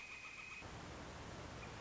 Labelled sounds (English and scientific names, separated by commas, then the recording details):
Northern Flicker (Colaptes auratus)
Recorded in Sonoma County, California